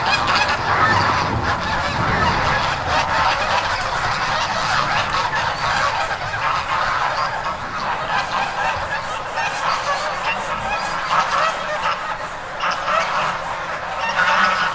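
Goose: geese honking in a dense, overlapping flock chorus, harsh nasal calls running continuously with no pause throughout.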